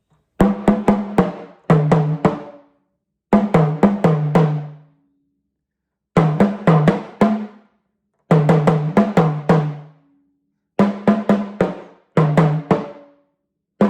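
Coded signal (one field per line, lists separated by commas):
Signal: talking drum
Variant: Yoruba, sakara drum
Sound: repeated phrases of about five or six resonant low drum strokes separated by short pauses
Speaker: Mercedes-Benz before you acquire before you indulging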